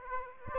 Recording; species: mosquito wingbeat signal from an infrared sensor; Aedes aegypti